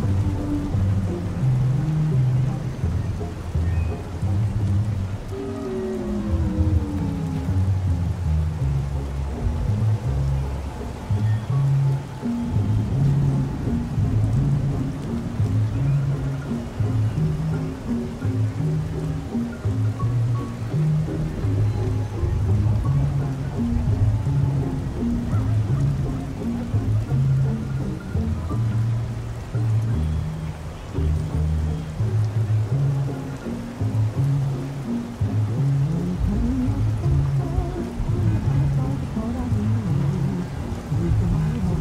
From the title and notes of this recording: A Perfect Parisian Night (Music Playing With Traffic Noises). Oldies In Another Room While Traffic Noises Play Out The Open Window.